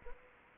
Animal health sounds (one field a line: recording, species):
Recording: mosquito wingbeat signal from an infrared sensor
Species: Anopheles arabiensis